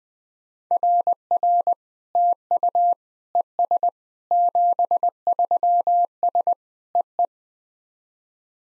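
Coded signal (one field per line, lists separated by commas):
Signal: Morse code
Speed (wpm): 21 wpm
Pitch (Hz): 700 Hz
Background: none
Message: RR TU ES 73S EE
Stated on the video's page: SOTA QSO practice at 20 wpm: each exchange sent in Morse, then spoken, then sent again in Morse.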